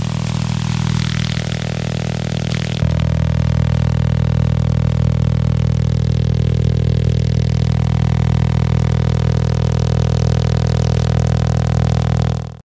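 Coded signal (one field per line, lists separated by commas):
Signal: radar signal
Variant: Contayner OTHR, 40 sps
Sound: steady engine-like buzzing drone with rapid regular pulses, low hum throughout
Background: radio static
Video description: Tres transmisiones simultáneas del OTHR Contayner en la banda de #Radioaficionados de 20 m.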